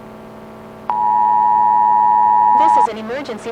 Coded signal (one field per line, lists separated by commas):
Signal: Emergency Alert System (SAME) tones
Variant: 853 and 960 Hz attention tone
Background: speech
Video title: EAS Scenario | World War III Russia Vs. NATO | Emergency Alert System | Part 1